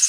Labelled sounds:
Hooded Warbler (Setophaga citrina) flight call

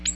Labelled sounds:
Ovenbird (Seiurus aurocapilla) flight call

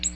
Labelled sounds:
Ovenbird (Seiurus aurocapilla) flight call

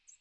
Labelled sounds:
American Redstart (Setophaga ruticilla) flight call

